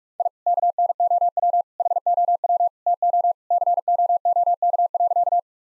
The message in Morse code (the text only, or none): I KNOW HOW TO COOK.